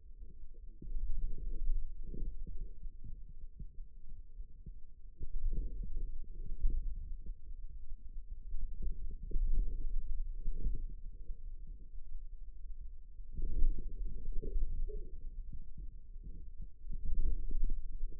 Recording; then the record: forearm muscle sounds (acoustic myography)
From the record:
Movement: radial deviation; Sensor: system 2, bracelet of six BSWA MPA416 microphones around the upper forearm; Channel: 4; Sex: female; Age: 21 years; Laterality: right